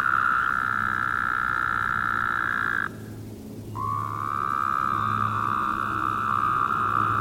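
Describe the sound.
Woodhouse's toad giving a long, steady, nasal buzzing trill lasting about three seconds, a brief pause, then another drawn-out trill starting and holding to the end.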